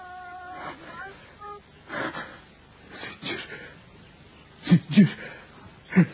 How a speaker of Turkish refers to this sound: Allah Allah, Allah Allah. Boğuluyor sanki, nefes alamıyor. Uyandırayım şunu.